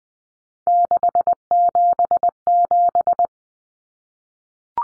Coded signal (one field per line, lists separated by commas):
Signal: Morse code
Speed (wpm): 20 wpm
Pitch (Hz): 700 Hz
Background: none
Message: 677